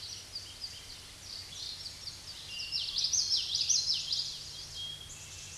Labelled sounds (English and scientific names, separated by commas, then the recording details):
Common Yellowthroat (Geothlypis trichas) song
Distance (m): 15 m
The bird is about 5 m above the microphone
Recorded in a Pennsylvania forest on 16 May 2024 at 06:33
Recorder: AudioMoth, point MSD-1342
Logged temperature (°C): 15.5 °C
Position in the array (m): 236 m, 175 m